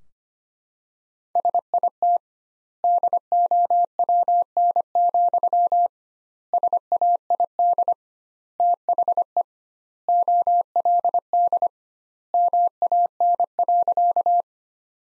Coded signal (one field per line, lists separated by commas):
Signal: Morse code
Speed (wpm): 25 wpm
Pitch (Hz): 700 Hz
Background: none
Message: SIT DOWN, SAID THE OLD MAN.